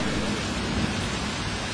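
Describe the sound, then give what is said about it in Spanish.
Steady rain pouring down, a dense continuous hiss with a low rumbling underlayer, holding at an even, fairly loud level throughout with no voices. “Si llueve, güey.”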